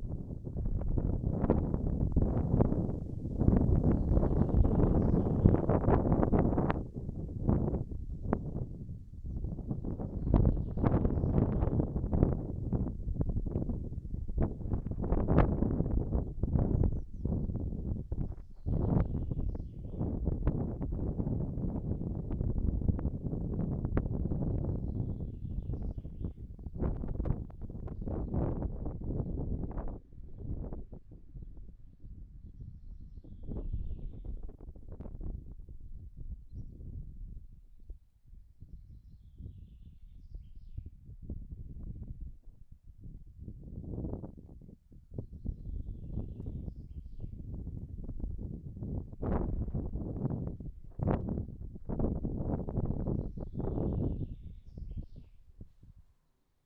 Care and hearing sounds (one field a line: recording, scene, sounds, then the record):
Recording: everyday scene through a hearing-aid microphone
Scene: wind on the microphone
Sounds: wind, birds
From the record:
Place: in front of a rural house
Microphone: behind the ear, right, front